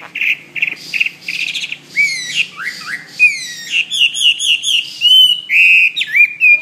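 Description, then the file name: Hwamei song: short repeated chirps, then loud sweeping whistles and quick rolling notes, ending in long clear whistled slurs. "omkicau hwamey"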